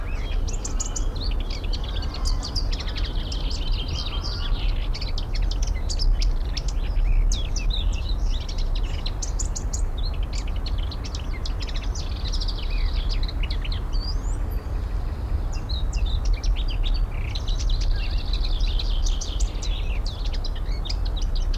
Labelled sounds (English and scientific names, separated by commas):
Willow Warbler (Phylloscopus trochilus)